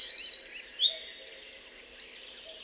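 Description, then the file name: Eurasian wren song: shrill, fast trills and sharp high notes, loud at first and fading after about two seconds. "Troglodytes troglodytes"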